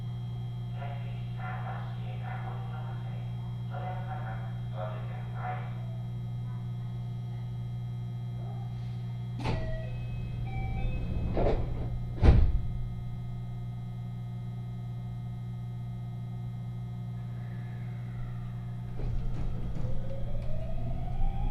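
A train ride on the Sanyo and Ako lines from Himeji toward Banshu-Ako, with a steady low hum throughout. Muffled voices speak in the first seven seconds, sharp squeals and clunks come around ten to thirteen seconds, and a rising whine begins near nineteen seconds.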